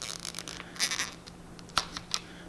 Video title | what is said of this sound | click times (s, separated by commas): 8.1 Fuel Injectors 5.3, 6.0 - Cammed Silverado Update | oh yeah that pops right in | 1.8 s, 2.1 s